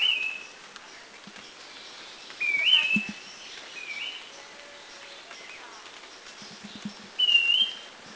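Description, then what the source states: Streaked wren-babbler giving short, clear whistled notes with a quick inflection, spaced irregularly, with faint low knocks and soft background hiss. Northern Thailand.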